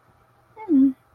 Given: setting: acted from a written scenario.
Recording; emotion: vocal sound without words; neutral